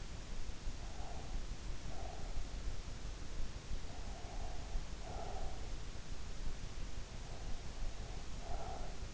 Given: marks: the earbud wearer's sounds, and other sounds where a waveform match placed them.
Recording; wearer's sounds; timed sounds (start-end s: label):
sounds in sleep by an in-ear microphone; breath
0.99-2.36 s: breath
3.95-5.77 s: breath
7.41-9.14 s: breath